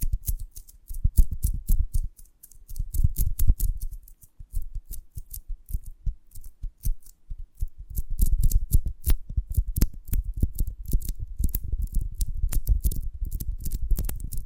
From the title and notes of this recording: ASMR of a Honeycomb on Branch (No Talking).